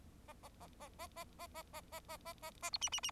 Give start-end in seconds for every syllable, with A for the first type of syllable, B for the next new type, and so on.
0.27-0.33 A, 0.42-0.49 A, 0.60-0.67 A, 0.80-0.89 A, 0.98-1.07 A, 1.16-1.24 A, 1.39-1.47 A, 1.54-1.62 A, 1.73-1.81 A, 1.92-2.00 A, 2.08-2.17 A, 2.25-2.33 A, 2.42-2.51 A, 2.62-2.70 A, 2.73-2.78 B, 2.81-2.89 C, 2.92-3.00 C, 3.03-3.11 C